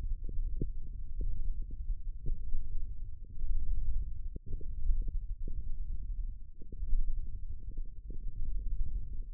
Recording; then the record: forearm muscle sounds (acoustic myography)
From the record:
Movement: hand closing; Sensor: system 1, eight BSWA MPA416 microphones around the upper forearm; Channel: 6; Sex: male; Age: 20 years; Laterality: left